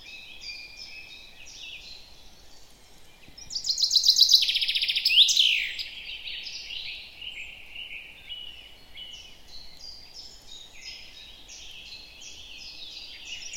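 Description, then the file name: Common chaffinch song: one loud burst of rapid repeated notes descending to a final flourish, with high chirps and twitters throughout. "Fringilla coelebs"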